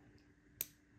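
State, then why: Seated. A metal jump ring holding the CZ connector on a lariat necklace is closed by pushing the hands together. A single small, sharp click sounds at 0.6 s over a quiet, low hum. The ring clicks shut and is closed.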